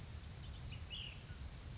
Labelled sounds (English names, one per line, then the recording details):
Ash-throated Flycatcher
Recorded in Sonoma County, California